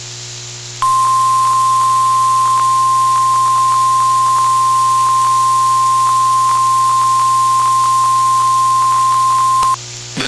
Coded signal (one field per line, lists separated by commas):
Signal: Emergency Alert System (SAME) tones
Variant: 1050 Hz attention tone